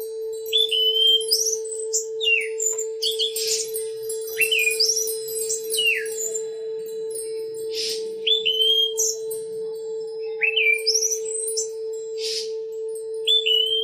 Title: Kicau Kacer